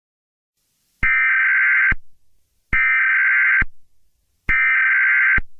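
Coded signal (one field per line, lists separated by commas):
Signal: Emergency Alert System (SAME) tones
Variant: header bursts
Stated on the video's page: Fictional EAS scenario.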